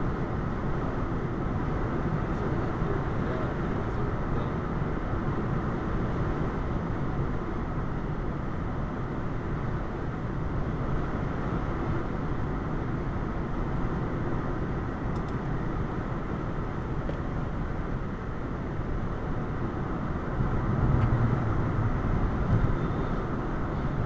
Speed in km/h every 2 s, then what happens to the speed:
95, 95, 95, 95, 95, 95, 95, 95, 97, 95, 95, 95.
0-24 steady at about 95.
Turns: none.